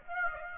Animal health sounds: mosquito wingbeat signal from an infrared sensor; Aedes aegypti

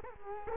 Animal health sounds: mosquito wingbeat signal from an infrared sensor; Culex quinquefasciatus

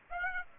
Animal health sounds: mosquito wingbeat signal from an infrared sensor; Aedes aegypti

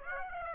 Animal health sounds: mosquito wingbeat signal from an infrared sensor; Aedes aegypti

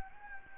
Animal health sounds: mosquito wingbeat signal from an infrared sensor; Anopheles gambiae

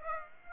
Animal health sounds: mosquito wingbeat signal from an infrared sensor; Aedes aegypti

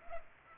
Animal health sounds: mosquito wingbeat signal from an infrared sensor; Culex pipiens

